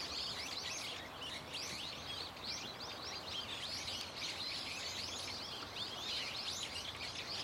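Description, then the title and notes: Birds chirping loudly and continuously, rapid high twittering notes layered over one another above a low background drone. Loud, unceasing chorus of many birds singing from a tetrapod breakwater belt and its trees; recorded with microphone and camera. "テトラ帯とその木々から、けたたましいほどのの鳥たちの鳴き声が・・・！"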